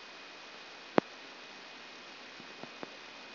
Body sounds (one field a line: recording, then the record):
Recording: brain microelectrode recording played as sound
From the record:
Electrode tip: outside the subthalamic nucleus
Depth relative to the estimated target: -6 mm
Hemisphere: left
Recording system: AlphaMap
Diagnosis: Parkinson's disease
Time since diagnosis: 11 years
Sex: female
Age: 62 years